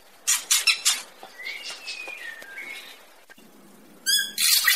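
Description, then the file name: Greater racket-tailed drongo gives several harsh chattering notes, then a thin wavering whistle, then a nasal harmonic call and a rasping burst. "tieng cheo beo duoi co hot"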